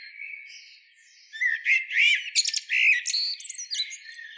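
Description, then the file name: Eurasian blackbird delivering one phrase of slurred whistles that breaks into a rapid string of high, scratchy twitters, after a quiet start. "Turdus merula"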